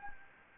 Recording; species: mosquito wingbeat signal from an infrared sensor; Anopheles gambiae